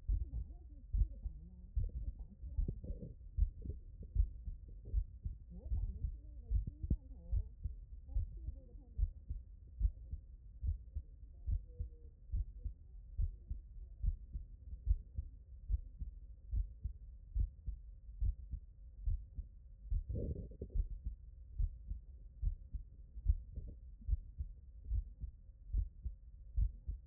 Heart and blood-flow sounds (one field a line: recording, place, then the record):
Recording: heart sounds by stethoscope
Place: tricuspid valve (TV)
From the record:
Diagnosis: non-HFrEF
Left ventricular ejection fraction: 58%